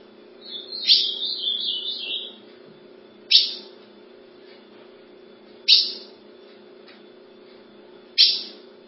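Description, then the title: Ultramarine grosbeak song: a warbled phrase of high whistled notes lasting about two seconds, then sharp clipped notes repeated roughly every two and a half seconds. "Azulao"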